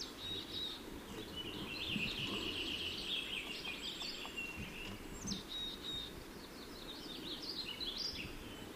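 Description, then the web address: Lincoln's sparrow singing a rapid, gurgling run of high trilled notes, followed by a few thinner, scattered chips, over constant low background hiss. Recorded in California. "Lincoln's Sparrow Sounds Calif CLO"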